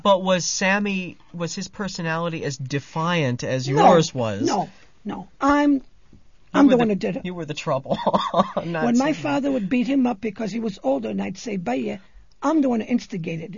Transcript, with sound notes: But was Sammy, was his personality as defiant as yours was?
No, no, no. I'm, I'm the one that did it.
You were the trouble. ( he laughs )
When my father would beat him up, because he was older, and I'd say, "Biet, I'm the one that instigated it.